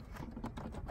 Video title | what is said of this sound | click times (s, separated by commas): Replacing Alternator/A.C. Belt Water Pump Belt F80 M3/F82 F83 M4 M2C 2015-2020 | So you hear that click. | 0.5 s, 0.6 s